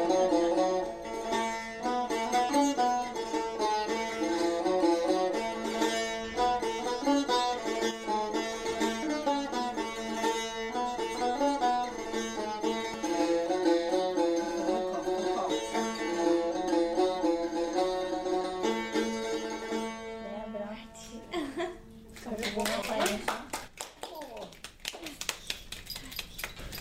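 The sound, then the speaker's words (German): A wedding tune played on an instrument: a bright, steady melody of sustained, harmonically rich notes runs for about twenty seconds, then breaks off into scattered noisier sounds. “Das ist Hochzeitsmusik.”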